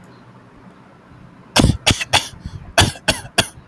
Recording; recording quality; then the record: shallow voluntary cough; excellent, no background noise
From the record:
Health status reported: recovered from COVID-19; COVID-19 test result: positive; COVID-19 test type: RT-PCR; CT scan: not taken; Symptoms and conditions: none ticked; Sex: male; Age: 22 years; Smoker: no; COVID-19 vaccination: none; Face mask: not worn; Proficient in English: yes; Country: India